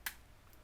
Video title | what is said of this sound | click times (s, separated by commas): How to Make a Faux Leather Flower Mini Purse with a Cricut | And you'll hear it snap. | 0.1 s